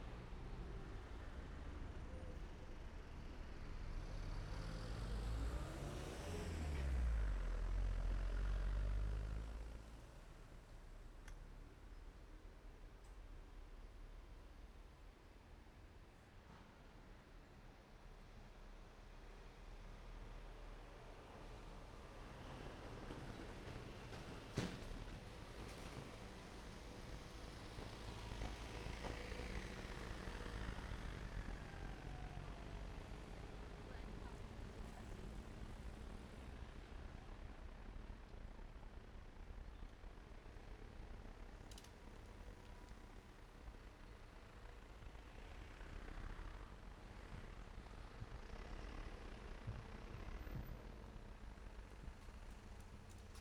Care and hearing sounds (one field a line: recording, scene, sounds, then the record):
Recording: everyday scene through a hearing-aid microphone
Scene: in traffic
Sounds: traffic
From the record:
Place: main road on the outskirts, rush hour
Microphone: behind the ear, right, rear